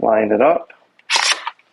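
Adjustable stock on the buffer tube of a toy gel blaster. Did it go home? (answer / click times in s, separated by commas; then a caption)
yes / 1.5 s. Someone talks, then the plastic adjustable stock of a WODCUR M4A1 gel ball blaster, with its release/adjust button pressed, is lined up on the buffer tube and slid along it in a burst of sliding noise. It locks into position with a sharp snap at 1.5 s, seated.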